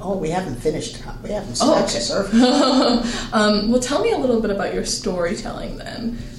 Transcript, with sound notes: Oh we haven't finished. We haven't scratched the surface.
[Laughs] Well tell me a little bit about your storytelling then.